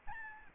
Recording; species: mosquito wingbeat signal from an infrared sensor; Aedes albopictus